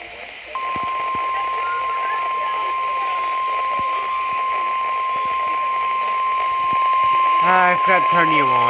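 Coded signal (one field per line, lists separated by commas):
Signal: Emergency Alert System (SAME) tones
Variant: 1050 Hz attention tone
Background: speech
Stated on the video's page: SAME tones of a Severe Thunderstorm Warning.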